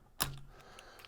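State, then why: Seated. A bearing is fitted into a transmission's P3 sun gear and P4 drive shell assembly and snaps into place with one sharp click at 0.2 s. A few faint ticks follow at 0.4, 0.8 and 1.1 s. The bearing is seated.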